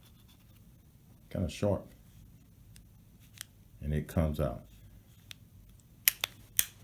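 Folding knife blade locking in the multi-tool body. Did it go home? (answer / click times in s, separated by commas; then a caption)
yes / 6.1 s. A Stanley 14-in-1 folding locking multi-tool has its small knife blade opened until the blade locks in place in the tool body. Someone talks through the first part, then a few faint ticks are followed by a sharp click at 6.1 seconds as the blade locks open, with two more sharp clicks right after. The blade is seated and locked open.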